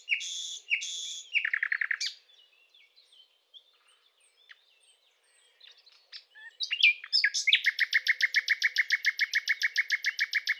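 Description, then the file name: Common nightingale song opening with loud phrases, a pause of soft faint notes, then a long rapid series of loud repeated pulses lasting several seconds. "Luscinia megarhynchos"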